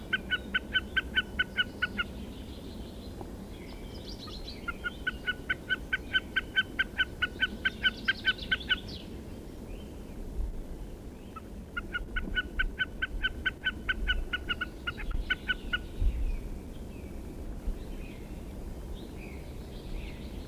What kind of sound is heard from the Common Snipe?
song